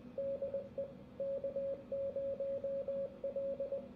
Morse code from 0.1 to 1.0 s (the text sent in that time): DE